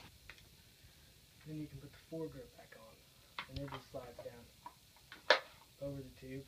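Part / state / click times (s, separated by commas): barrel onto shotgun receiver/magazine tube / seated / 0.3 s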